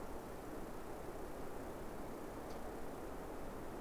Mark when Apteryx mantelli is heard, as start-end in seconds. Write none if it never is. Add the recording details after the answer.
none. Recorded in New Zealand on 5 November 2015. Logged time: 22:59. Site CQ72